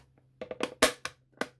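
Heated wing mirror glass on a Nissan X-Trail T30 is held and pushed firmly onto its plastic backing or motor mount. A few light knocks lead up to a loud sharp click at 0.8 s as the glass seats in place, followed by two softer taps.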